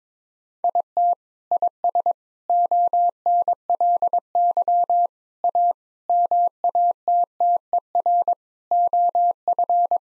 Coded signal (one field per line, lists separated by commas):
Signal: Morse code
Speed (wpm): 22 wpm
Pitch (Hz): 700 Hz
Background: none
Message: IT IS ONLY A MATTER OF